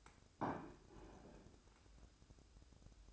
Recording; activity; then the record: daily activity, microphone in the room; place plate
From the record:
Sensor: 2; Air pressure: 1007.4 hPa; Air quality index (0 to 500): 42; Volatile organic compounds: 1 ppm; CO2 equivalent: 546 ppm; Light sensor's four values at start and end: 6/16/6/7 and 6/16/6/7